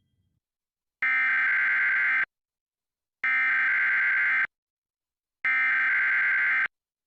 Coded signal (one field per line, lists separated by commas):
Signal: Emergency Alert System (SAME) tones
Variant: header bursts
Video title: Detroit MI Required Monthly Test (EAS #1269) 9/20/23